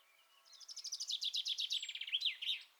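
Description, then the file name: Common chaffinch giving a single lively phrase of rapidly repeated notes that descend before a crisp closing flourish. "Fringilla coelebs"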